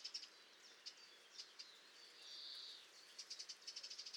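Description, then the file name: Eurasian wren song: fast, high trills and buzzy rattles in short bursts, a sustained rattling phrase in the middle, with a faint hiss of background noise. "Troglodytes troglodytes"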